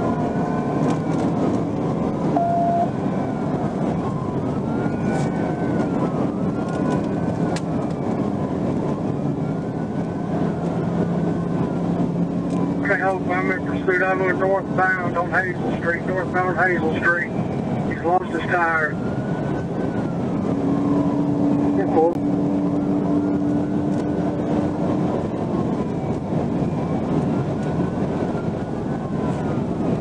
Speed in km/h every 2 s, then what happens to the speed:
148, 151, 145, 150, 161, 164, 167, 167, 161, 163, 167, 172, 174, 175, 172.
4-12 speeds up to 167. 12-17 slows to 161. 17-23 speeds up to 174. 23-30 steady at about 174.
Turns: none.